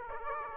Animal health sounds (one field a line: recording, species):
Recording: mosquito wingbeat signal from an infrared sensor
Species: Aedes aegypti